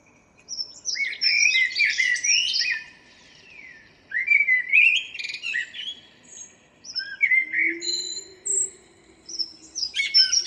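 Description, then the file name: Common blackbird song: warbling fluty phrases with scratchy high endings, separated by short gaps. "Turdus merula"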